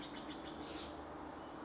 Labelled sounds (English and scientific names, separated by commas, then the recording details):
Steller's Jay (Cyanocitta stelleri)
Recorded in Sonoma County, California